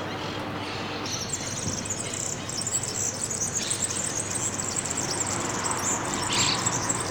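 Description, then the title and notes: European serin song, a rapid high-pitched jingling twitter running almost without pause after the first second, over steady background hiss. Recorded from a balcony; a pair playing together, singing rapidly at full speed; they usually rest on a chimney opposite the house. "gafarró. Eloisa Matheu. verdecillo"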